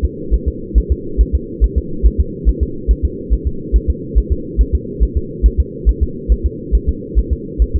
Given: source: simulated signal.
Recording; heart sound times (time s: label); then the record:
fetal heart sounds
0.05 s: S2
0.34 s: S1
0.48 s: S2
0.78 s: S1
0.92 s: S2
1.21 s: S1
1.35 s: S2
1.64 s: S1
1.78 s: S2
2.06 s: S1
2.20 s: S2
2.49 s: S1
2.63 s: S2
2.91 s: S1
3.05 s: S2
3.33 s: S1
3.47 s: S2
3.76 s: S1
3.90 s: S2
4.18 s: S1
4.32 s: S2
4.61 s: S1
4.75 s: S2
5.03 s: S1
5.17 s: S2
5.46 s: S1
5.60 s: S2
5.89 s: S1
6.03 s: S2
6.32 s: S1
6.46 s: S2
6.75 s: S1
6.89 s: S2
7.19 s: S1
7.33 s: S2
7.62 s: S1
7.76 s: S2
From the record:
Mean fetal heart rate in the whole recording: 140 bpm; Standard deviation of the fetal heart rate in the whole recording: 2 bpm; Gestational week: 34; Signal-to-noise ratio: -4.3 dB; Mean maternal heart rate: 72 bpm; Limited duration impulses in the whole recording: absent